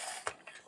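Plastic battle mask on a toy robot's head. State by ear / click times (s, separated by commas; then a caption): seated / 0.3 s. A plastic battle mask on a toy robot action figure's head is flipped back into its stowed position, seating with a sharp click at 0.3 s over a steady broadband hiss. A softer tick follows around 0.5 s as the mask settles into place.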